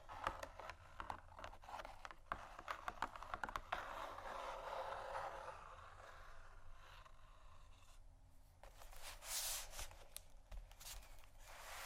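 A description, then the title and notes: Cardboard boxes are scratched and tapped, opening with a dense run of quick, crisp taps over the first four seconds. A softer, steady scratching rub follows, then a bright hissing scrape builds around nine seconds before sparse taps return at the end. ASMR Scratching & Tapping Cardboard Boxes（No Talking）.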